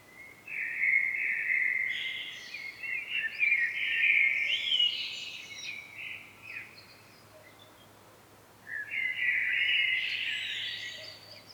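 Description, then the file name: Common blackbird song, a long sequence of mellow warbled notes and twitters, a pause, then another phrase, with soft background hiss throughout. "Turdus merula"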